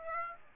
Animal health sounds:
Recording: mosquito wingbeat signal from an infrared sensor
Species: Aedes aegypti

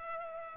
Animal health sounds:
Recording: mosquito wingbeat signal from an infrared sensor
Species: Culex pipiens

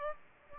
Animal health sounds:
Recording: mosquito wingbeat signal from an infrared sensor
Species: Aedes aegypti

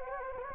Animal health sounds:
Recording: mosquito wingbeat signal from an infrared sensor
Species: Anopheles gambiae

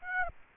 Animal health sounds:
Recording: mosquito wingbeat signal from an infrared sensor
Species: Aedes aegypti

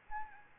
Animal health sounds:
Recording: mosquito wingbeat signal from an infrared sensor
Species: Aedes albopictus

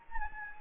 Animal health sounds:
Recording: mosquito wingbeat signal from an infrared sensor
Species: Anopheles gambiae

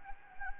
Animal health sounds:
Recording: mosquito wingbeat signal from an infrared sensor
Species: Anopheles gambiae

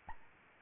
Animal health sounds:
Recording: mosquito wingbeat signal from an infrared sensor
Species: Anopheles arabiensis

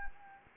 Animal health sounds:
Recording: mosquito wingbeat signal from an infrared sensor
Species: Anopheles gambiae

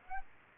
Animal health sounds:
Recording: mosquito wingbeat signal from an infrared sensor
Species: Aedes aegypti

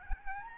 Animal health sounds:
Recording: mosquito wingbeat signal from an infrared sensor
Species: Aedes albopictus

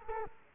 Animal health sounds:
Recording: mosquito wingbeat signal from an infrared sensor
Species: Culex quinquefasciatus

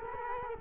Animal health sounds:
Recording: mosquito wingbeat signal from an infrared sensor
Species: Culex quinquefasciatus

